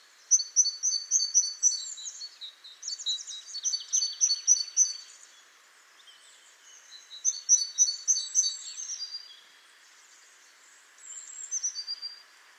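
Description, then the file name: Great tit giving rapid series of high, sharp repeated notes and chattering phrases, a long first bout then two shorter ones, over a low background hiss. "Parus major"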